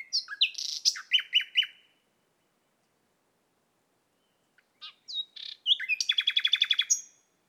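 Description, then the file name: Common nightingale: a quick burst of varied notes, a pause of a few seconds, then soft whistles and a rapid, loud repeated trill. "Luscinia megarhynchos"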